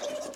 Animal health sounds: pig call; piglet (1 to 25 days)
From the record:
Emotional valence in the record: negative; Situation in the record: fighting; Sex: male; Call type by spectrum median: low-frequency call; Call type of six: high-frequency stable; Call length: 0.35 s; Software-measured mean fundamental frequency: 298 Hz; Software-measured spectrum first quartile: 574 Hz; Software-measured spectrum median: 1007 Hz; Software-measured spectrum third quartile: 4301 Hz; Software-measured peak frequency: 588 Hz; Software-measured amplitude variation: 139 dB a second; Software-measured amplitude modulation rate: 26.8 a second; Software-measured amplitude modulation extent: 5.2 dB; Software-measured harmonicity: 6.3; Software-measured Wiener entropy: -2.71

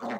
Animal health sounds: pig call; piglet (1 to 25 days)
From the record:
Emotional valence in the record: negative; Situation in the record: short isolation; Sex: male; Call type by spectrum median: low-frequency call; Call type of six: low-frequency modulated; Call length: 0.20 s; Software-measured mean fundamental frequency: 61 Hz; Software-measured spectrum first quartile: 354 Hz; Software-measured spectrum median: 649 Hz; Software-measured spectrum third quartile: 1076 Hz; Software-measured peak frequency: 230 Hz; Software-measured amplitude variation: 79 dB a second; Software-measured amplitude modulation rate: 17.7 a second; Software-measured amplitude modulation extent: 4.4 dB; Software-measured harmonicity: 0.1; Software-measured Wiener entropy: -0.45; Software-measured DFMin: 1001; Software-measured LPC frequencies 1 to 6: 666, 1922, 3668, 4372, 5158, 6134 Hz

